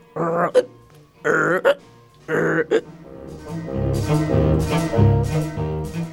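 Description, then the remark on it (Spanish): A voice imitates an old green car's engine struggling to start in the morning, with three choppy, hiccuping bursts followed by a steadier, rumbling hum as it finally catches and keeps running. “Esta mañana al viejo coche verde de papá le cuesta trabajo arrancar. Parece como si tuviera hipo.”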